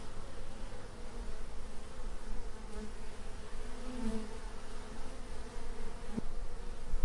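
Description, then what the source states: Bees giving a continuous low buzz, with a few louder passes swelling and fading, plus a brief sharp click near the end. Bees in a meadow close to a hive.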